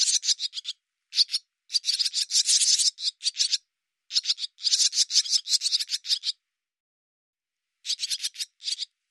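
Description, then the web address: Bird producing loud, grating rasps run together into long chattering bursts, separated by short silent pauses. "cianscape birddata Deverinetal 2025"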